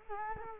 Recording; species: mosquito wingbeat signal from an infrared sensor; Culex quinquefasciatus